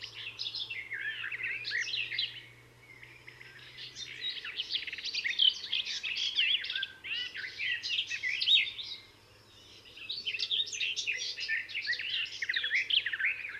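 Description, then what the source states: Garden warbler song, long rich warbling phrases of rapid mellow notes, with two brief pauses between sustained runs and a faint low hum beneath. Encounter with the bird; discreet in plumage but a marvellous singer.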